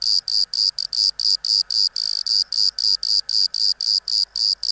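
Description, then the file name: Bordeaux cricket song of sharp, high chirps in quick, even succession with a quiet background. "Modicogryllus bordigalensis"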